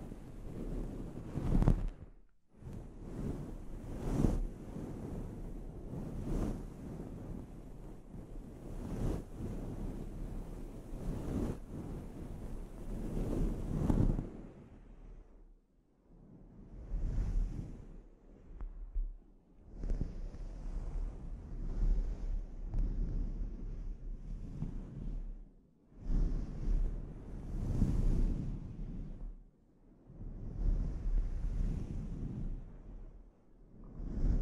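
A scalp treatment, heard as dense, rushing rubbing sounds that are heavy in the low end and surge like wind or surf. The strokes come in long swells broken by short pauses near 2, 15, 19, 26 and 30 seconds.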